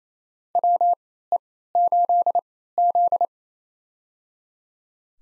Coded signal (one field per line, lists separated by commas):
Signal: Morse code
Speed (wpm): 28 wpm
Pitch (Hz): 700 Hz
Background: none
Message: WE8Z